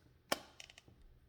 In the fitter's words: yeah and you just heard that pop there then we can actually bring this up so